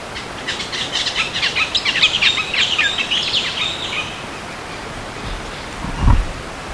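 Bird calls: a rapid run of high, sharp chirps and twitters lasting about three seconds, then fading, over steady background hiss, with a brief low thump near the end.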